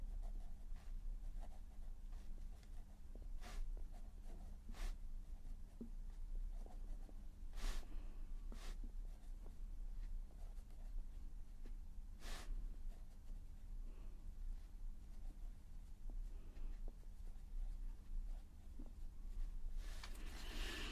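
Pencil colouring: light scratchy strokes and sharp taps come at irregular moments, a few every couple of seconds, with a brighter scraping burst near the end. Underneath, a steady low hum runs throughout without change.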